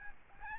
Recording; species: mosquito wingbeat signal from an infrared sensor; Aedes albopictus